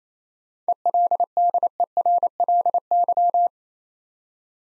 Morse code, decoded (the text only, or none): ELDERLY